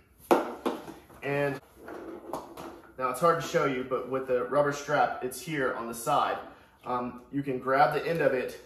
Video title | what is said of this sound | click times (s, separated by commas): Graco Car Seat Fabric Reassembly -- How to put the Graco car seat cushions back on after washing | and it actually locks in place making sure the shoulder straps are still correctly in the right place | 0.3 s